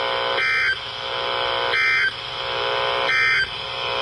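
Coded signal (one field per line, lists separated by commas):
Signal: Emergency Alert System (SAME) tones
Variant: end-of-message bursts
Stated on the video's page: Severe thunderstorm and tornado warnings, including double headers, from the NOAA Weather Radio transmitter at Pecos, Texas, during a severe weather outbreak.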